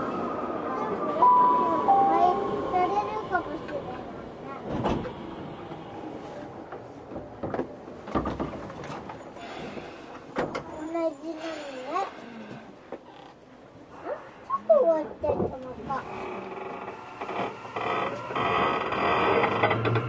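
A ride aboard a Tokyu 6000 series train, with a steady low rumble running under the whole stretch and a falling whine near the start. Speech-like murmurs and brief knocks come and go, and a brighter hiss swells over the last few seconds.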